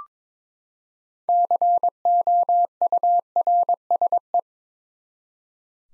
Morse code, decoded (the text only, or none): COURSE